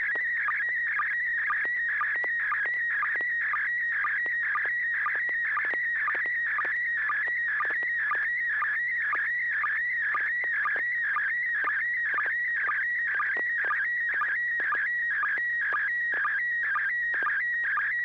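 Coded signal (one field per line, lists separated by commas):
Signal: SSTV (slow-scan television)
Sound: warbling tones with a rhythmic chirp-click about twice a second, continuous throughout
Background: low steady hum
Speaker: Let's go to Bill in Roseville, November 6, Hotel Alpha. If you're ready for us, Bill, go right ahead.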